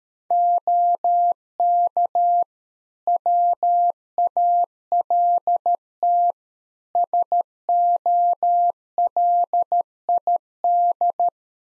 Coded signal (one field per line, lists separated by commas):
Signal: Morse code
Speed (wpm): 13 wpm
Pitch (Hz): 700 Hz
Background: none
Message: OK WALT SOLID